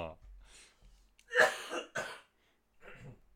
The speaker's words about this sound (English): Oh, pardon me. I'm starting to cough myself to death.